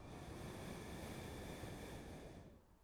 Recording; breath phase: one breath near a microphone; exhalation